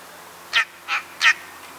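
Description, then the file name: Eurasian magpie making three hoarse, clipped chack notes spaced about a third of a second apart over a quiet background. "Pica pica"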